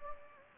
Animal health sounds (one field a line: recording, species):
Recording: mosquito wingbeat signal from an infrared sensor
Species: Anopheles gambiae